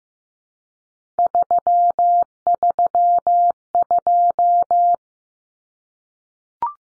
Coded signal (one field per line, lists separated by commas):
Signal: Morse code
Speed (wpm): 15 wpm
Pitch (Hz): 700 Hz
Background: none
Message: 332